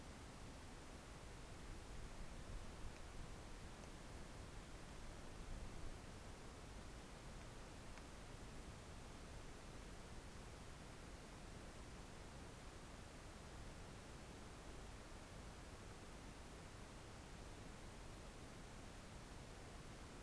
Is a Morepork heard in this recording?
no